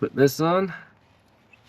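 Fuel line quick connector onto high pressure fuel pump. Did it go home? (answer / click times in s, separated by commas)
yes / 1.5 s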